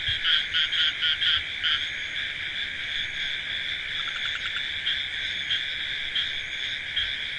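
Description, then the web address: Frog chorus, a constant shrill trill overlaid by quick pulsed croaks that are loudest in the opening two seconds and then thin out. "frogs hq recording"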